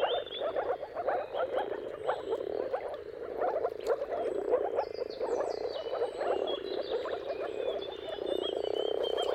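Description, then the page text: Moor frogs in a dense mating chorus, soft low bubbling calls overlapping continuously, with faint bird whistles above. Mating calls of a moor frog chorus at sunrise, at the turn of March and April, depending on the weather. "Dawn’s Chorus: Mating Calls of Marsh Frogs at Sunrise. Depending on the weather at the turn of March and April, you can witness an amazing spectacle of moor frogs. Jakub Orzecki"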